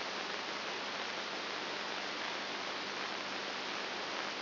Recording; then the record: brain microelectrode recording played as sound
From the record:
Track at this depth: inside the subthalamic nucleus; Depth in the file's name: 0.702 mm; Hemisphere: right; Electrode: 2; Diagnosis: Parkinson's disease